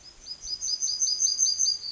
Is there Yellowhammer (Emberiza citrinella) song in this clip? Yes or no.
yes